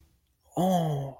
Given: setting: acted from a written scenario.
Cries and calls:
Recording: vocal sound without words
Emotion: positive surprise

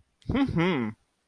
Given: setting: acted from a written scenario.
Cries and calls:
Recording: vocal sound without words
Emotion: pride

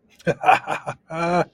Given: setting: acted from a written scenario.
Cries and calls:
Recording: vocal sound without words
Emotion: triumph

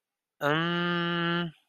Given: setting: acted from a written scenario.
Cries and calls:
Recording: vocal sound without words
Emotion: confusion

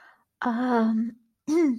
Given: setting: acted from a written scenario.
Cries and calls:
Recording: vocal sound without words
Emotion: embarrassment

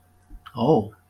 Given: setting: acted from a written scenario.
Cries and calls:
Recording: vocal sound without words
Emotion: realization

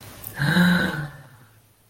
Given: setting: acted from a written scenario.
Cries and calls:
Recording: vocal sound without words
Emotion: desire

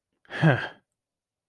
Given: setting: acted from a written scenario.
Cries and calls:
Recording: vocal sound without words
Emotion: contempt

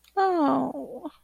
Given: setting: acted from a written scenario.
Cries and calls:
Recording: vocal sound without words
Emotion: sympathy

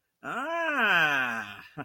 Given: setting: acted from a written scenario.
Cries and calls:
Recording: vocal sound without words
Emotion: realization

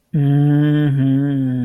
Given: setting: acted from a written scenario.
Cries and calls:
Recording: vocal sound without words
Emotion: pride

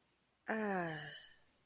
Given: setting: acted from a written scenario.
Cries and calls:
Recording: vocal sound without words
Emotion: contentment

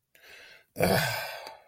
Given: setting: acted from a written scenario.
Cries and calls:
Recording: vocal sound without words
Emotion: shame

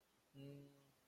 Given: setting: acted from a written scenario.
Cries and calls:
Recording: vocal sound without words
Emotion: neutral

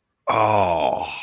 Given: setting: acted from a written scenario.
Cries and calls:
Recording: vocal sound without words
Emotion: elation

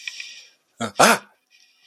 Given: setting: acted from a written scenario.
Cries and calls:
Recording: vocal sound without words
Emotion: fear

